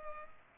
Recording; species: mosquito wingbeat signal from an infrared sensor; Culex pipiens